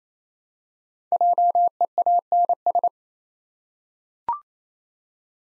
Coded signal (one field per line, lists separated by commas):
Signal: Morse code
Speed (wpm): 28 wpm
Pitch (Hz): 700 Hz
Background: none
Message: JEANS